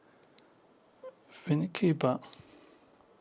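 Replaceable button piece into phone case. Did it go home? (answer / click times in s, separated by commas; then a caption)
no / none. A removable plastic button piece is pressed into the side of a Magbak Elite case for an iPhone 16 Pro, with faint handling ticks and rustles while someone talks briefly in the middle. Nothing has seated or clicked into place yet.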